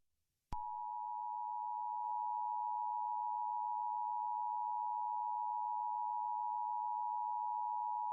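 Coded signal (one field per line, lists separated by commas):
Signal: Emergency Alert System (SAME) tones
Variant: 853 and 960 Hz attention tone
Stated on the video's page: Fictional EAS scenario.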